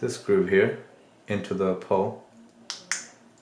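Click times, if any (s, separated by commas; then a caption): 2.7 s, 2.9 s. Someone talks while pressing the groove of an action camera's removable side door onto its hinge pole. Two sharp plastic snaps are heard at 2.7 and 2.9 seconds, and the door is seated on the pole.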